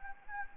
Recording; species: mosquito wingbeat signal from an infrared sensor; Anopheles gambiae